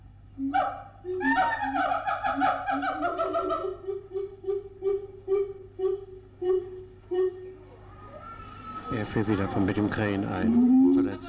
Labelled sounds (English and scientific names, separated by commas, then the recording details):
Siamang (Symphalangus syndactylus)
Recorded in captivity
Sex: pair
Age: adult
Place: Zoo Berlin, Berlin, DE
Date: 1984-08-15 15:11
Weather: bedeckt, 20°C
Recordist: Tembrock, Günter